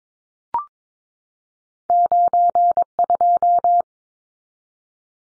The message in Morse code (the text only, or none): 92